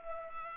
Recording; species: mosquito wingbeat signal from an infrared sensor; Culex pipiens